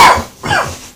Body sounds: coughing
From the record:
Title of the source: Spring Cold Coughing 2

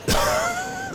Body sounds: coughing mixed with background sound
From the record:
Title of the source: Coughing 51

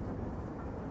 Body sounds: background sound without coughing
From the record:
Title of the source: Train Ride Ambience ambient white noise for sleeping, focus, studying, reading

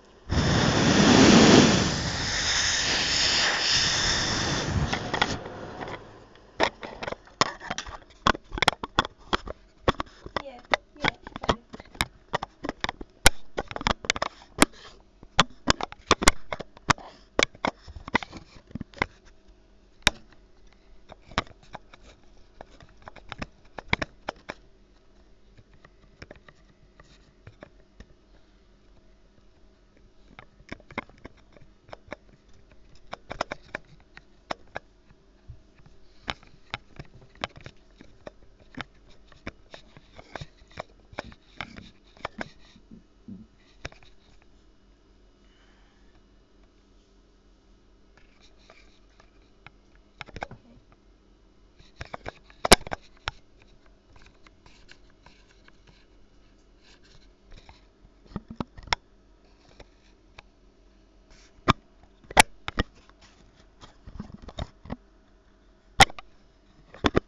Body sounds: background sound without coughing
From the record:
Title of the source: wind

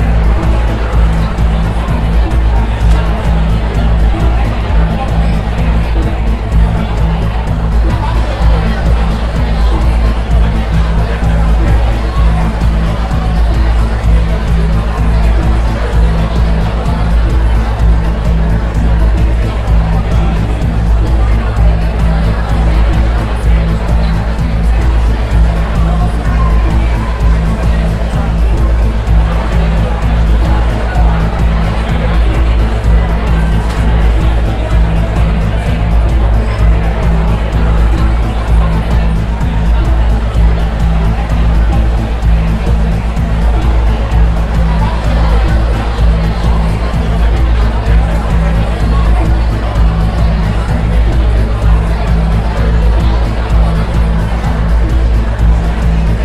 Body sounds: background sound without coughing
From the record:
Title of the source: Party Noise 1 Hour Party Ambience

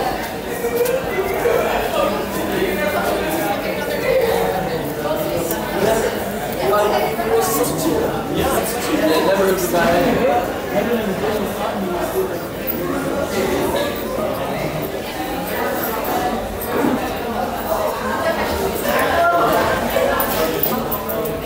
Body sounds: background sound without coughing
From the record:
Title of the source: 40 min - Ambience sounds UNIVERSITY lunchroom chatting

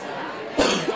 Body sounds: coughing mixed with background sound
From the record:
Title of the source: 60 coughing still (deep and wet cough)

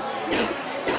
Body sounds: coughing mixed with background sound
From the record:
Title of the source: 61 morning phlegmy cough...again

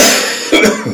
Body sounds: coughing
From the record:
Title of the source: Spring Cold Coughing 3

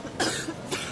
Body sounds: coughing mixed with background sound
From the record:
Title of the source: 64 coughing, allergies, singing lungs

